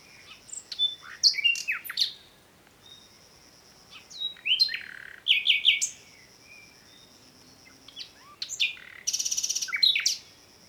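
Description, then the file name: Common nightingale singing phrases of sharp upslurred notes and buzzy segments, separated by short pauses, with a rapid dense rattle near the end. "Luscinia megarhynchos"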